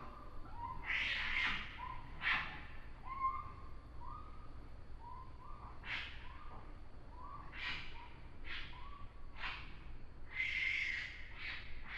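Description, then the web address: Raccoon giving harsh, noisy screeching bursts at intervals, with a series of short, even-pitched tonal notes behind them. Recorded on 5 October 2009. "Raccoon 2009 10 05"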